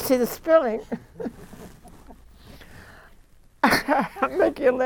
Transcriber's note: chuckles